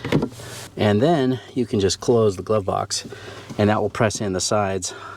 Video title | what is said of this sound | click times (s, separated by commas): 2018 Toyota Highlander - Replacing the Cabin Air Filter - Easy DIY! | and they should just snap in place. | 0.1 s